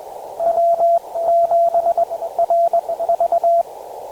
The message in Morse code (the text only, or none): W7RV